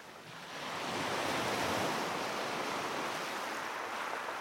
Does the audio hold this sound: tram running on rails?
no